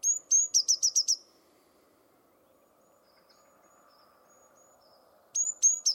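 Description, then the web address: Bird song: high two-note start then rapid chips, one phrase at the start and another beginning at the end, with faint high notes and low hum between. Bird-only recording from a 2025 bird dataset. "cianscape birddata Deverinetal 2025 Bird Only"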